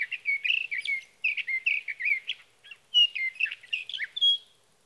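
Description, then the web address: Sage thrasher warbling continuously, phrases tumbling together with a short pause midway, closing on a thin, clear whistled note. "birdsongforthecurious Sage Thrasher"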